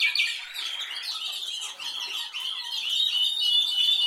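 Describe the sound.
Canary song: a harsh, buzzy rolling trill that breaks into rapid scratchy notes, then rises into a smoother, sustained high trill.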